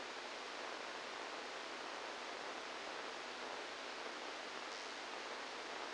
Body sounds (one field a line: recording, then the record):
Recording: brain microelectrode recording played as sound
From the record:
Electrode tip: inside the subthalamic nucleus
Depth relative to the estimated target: -2 mm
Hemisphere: right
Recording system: NeuroSet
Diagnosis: Parkinson's disease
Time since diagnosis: 10 years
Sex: male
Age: 63 years